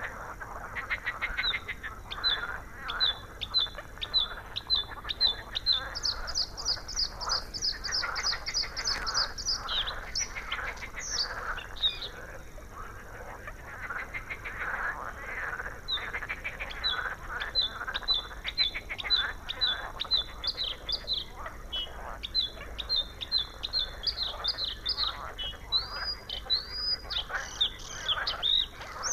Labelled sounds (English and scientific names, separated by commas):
Bluethroat (Luscinia svecica) song